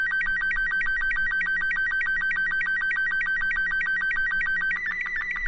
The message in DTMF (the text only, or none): none